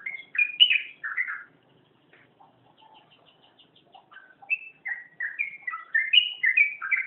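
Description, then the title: Oriental magpie-robin singing loud whistled phrases, broken by a quieter stretch of thin high notes and soft chips, then resuming with a lively string of slurred whistles. "Kicau Kacer Durasi Panjang 1jam Lebih"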